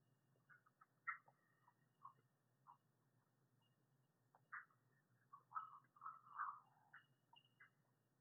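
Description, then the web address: Red-eyed tree frog giving short clucking chucks and clicks, scattered irregularly and sometimes in quick bunches, over a faint low hum. "Agalychnis callidryas"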